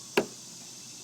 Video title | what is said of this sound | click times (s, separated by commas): How to replace Chevrolet Malibu door handles | I don't know if you if you heard that click on the video, but you'll hear and feel a little | 0.2 s